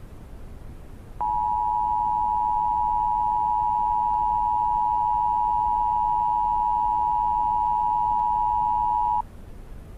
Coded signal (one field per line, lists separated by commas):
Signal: Emergency Alert System (SAME) tones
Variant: 853 and 960 Hz attention tone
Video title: EAS Mock - Nick on KMKF Hijacking/Anomaly (5/31/08)